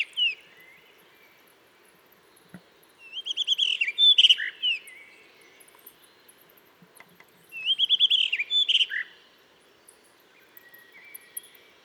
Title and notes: 12 mars 2020-7h25-Dentelles de Montmirail - Des le lever du jour un Monticole bleu (Monticola solitarius) se signale en alarmant dans la falaise, ensuite il se met à chanter pour marquer son territoire.